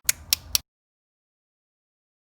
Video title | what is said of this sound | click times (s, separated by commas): Apple MacBook and MacBook Pro Keyboard Keycap Installation Guide (AC05) | the key cap over the hinge and once a line push down and it should snap into place please | 0.1 s, 0.3 s, 0.5 s